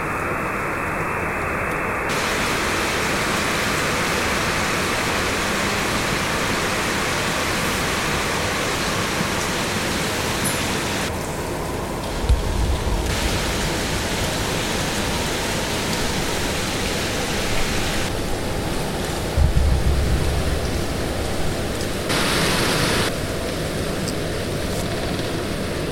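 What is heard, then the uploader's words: A dense, steady hiss like rushing water or static, with abrupt tonal shifts in the upper range and brief low thumps near 12 and 20 seconds. Field recordings of rauschen-like noises (rain, wind, park, water, electronics). Some FX, mostly reverb.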